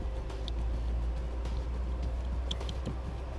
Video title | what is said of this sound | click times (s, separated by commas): etrailer - Trailer Wiring Harness Installation - 2017 Acura RDX | and push until it clicks into place. Pull back and make sure it's secure. | 2.5 s